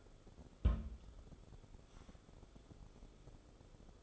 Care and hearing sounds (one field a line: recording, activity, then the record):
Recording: daily activity, microphone in the room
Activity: place on stove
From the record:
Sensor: 5